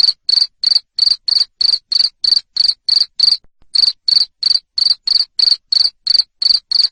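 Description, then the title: Cricket chirping loudly, a regular train of high buzzy pulses about three per second with one short pause in the middle. Loud cricket chirping (ngerik) to stimulate lovebirds into continuous singing (ngekek). "Suara JANGKRIK NGERIK Keras Bikin LOVEBIRD Jadi NGEKEK Terus Vubey"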